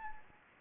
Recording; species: mosquito wingbeat signal from an infrared sensor; Anopheles gambiae